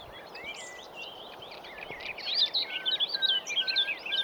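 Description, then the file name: Common nightingale singing a fast, varied jumble of high whistled and chattering notes, growing louder toward the end, over steady low background hiss. "Luscinia megarhynchos"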